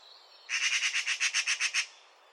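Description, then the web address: Bird calls, a fast burst of many harsh, evenly spaced chattering notes lasting over a second, with quiet background before and after. "Deverinetal 2025 File origin Bird Only"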